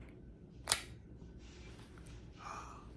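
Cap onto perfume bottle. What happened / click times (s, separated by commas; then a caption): The cap snapped into place / 0.7 s. The cap is pressed back onto a Chanel 1957 Musk fragrance bottle and gives a single loud, sharp click at 0.7 s, showing it has seated. Quiet, faint rustling follows for the rest of the clip.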